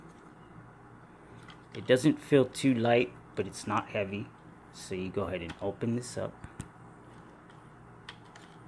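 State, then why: Seated. Someone talks, then the folding arm of a DM107s toy camera drone is opened out into its extended position. The arm clicks into place at 8.1 s with a short sharp snap, followed by a fainter tick at 8.4 s, and it locks in the extended position.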